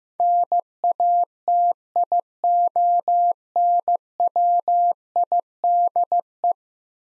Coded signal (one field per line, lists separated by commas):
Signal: Morse code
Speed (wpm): 15 wpm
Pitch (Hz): 700 Hz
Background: none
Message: NATIONWIDE